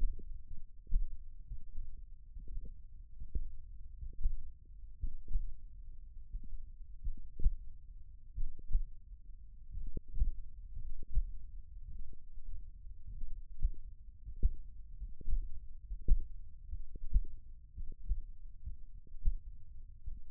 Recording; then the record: forearm muscle sounds (acoustic myography)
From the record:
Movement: finger pinch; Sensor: system 1, eight BSWA MPA416 microphones around the upper forearm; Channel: 6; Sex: male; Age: 23 years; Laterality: right